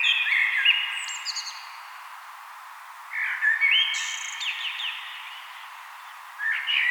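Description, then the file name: Common blackbird singing mellow whistled phrases that finish in thin, squeaky high notes; three phrases with quiet gaps between them. "Turdus merula"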